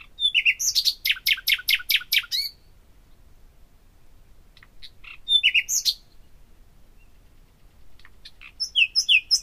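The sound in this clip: Common nightingale song: a fast pulsing run of repeated loud notes, silence, a brief sharp phrase, then another quick series of high notes.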